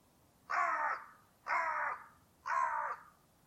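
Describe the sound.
Bird giving three harsh, hoarse caws, evenly spaced about one second apart, over a quiet background.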